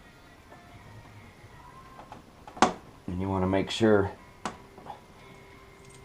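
A chrome trim cap, warmed under a light bulb because it is a very tight fit, is pressed over a nylon collar onto a Baker Built Air Wings mount on a 2012-2015 Goldwing motorcycle. A sharp pop at 2.6 s marks the cap seating, and someone talks right after.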